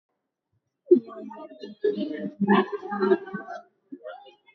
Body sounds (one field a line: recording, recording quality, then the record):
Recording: sustained vowel as in beet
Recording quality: moderate, slight background noise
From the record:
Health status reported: recovered from COVID-19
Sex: female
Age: 36 years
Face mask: worn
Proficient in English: yes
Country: India